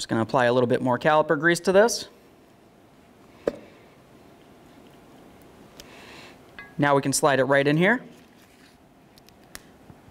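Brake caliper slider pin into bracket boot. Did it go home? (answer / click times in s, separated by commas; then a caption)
yes / 9.5 s. Someone talks while caliper grease is applied to a brake caliper slider pin on a 1998-2011 Ford Ranger front brake, and the greased pin is slid into its rubber boot in the caliper bracket. A short, sharp click at 9.6 s marks the pin seating in the boot, after which it is spun to work the grease all the way in and keep moisture out.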